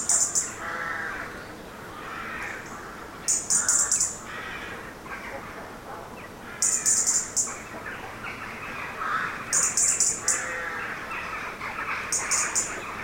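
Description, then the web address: Harsh rook caws repeated throughout in a loose chorus, interrupted every few seconds by short, sharp, high-pitched chirping bursts. Many rooks calling in trees; traffic-free background. "Hollywood Edge Historical Series. Rooks in Trees"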